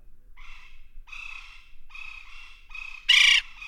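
West Indian woodpecker calling a series of nasal, harsh notes about twice a second, with one louder, rougher burst near the end.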